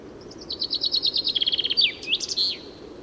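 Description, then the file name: Common chaffinch song, a quick cascade of repeated chirpy notes dropping in pitch and closing with an emphatic flourish. "Fringilla coelebs"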